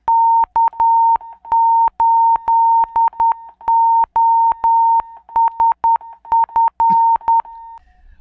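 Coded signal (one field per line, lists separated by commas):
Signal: Morse code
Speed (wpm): 10 wpm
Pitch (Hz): 920 Hz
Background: none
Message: K8OSF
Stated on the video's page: Fast Morse callsign training with RufzXP, for contests and high-speed QSOs.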